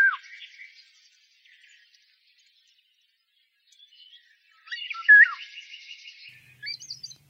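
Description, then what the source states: Golden oriole song: a fluty, down-slurred whistle at the start, a quiet gap, then a louder whistled phrase near five seconds amid thin, buzzy chirps and short upslurred notes. Fluty, fairy-tale-like, hushed song from the treetops.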